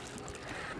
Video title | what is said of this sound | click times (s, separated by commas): Pre hire video brief - 100% pass mark | up underneath here on the handlebars until you hear a click | 0.3 s